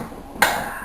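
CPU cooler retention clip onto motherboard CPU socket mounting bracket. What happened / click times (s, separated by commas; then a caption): The mounting clip snapped into place / 0.4 s. A Wraith Prism CPU cooler's retention clip is fitted onto the AM4 motherboard's CPU socket mounting bracket after it became clear that part had to go on first. Low background noise is broken by one sharp snap at 0.4 s, followed by a short fading ring. The clip is seated and locked in place.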